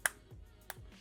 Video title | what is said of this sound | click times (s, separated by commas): Samsung Galaxy S26 Ultra - Benks Montage ArmorPro Case Review | And then taking it off, y'all hear the snap though, right? | 0.1 s